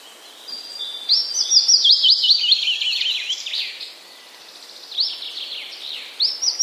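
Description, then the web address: Willow warbler singing a liquid, falling phrase of rapid slurred notes, followed by shorter, quieter fragments of the same descending song. Recorded on 10 May 2015. "wroblowe kontra piecuszek 10 05 2015"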